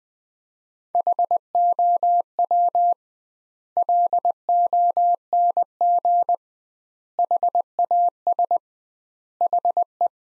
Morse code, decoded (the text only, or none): HOW LONG HAS HE